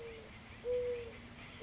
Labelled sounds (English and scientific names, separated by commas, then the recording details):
Mourning Dove (Zenaida macroura)
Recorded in Sonoma County, California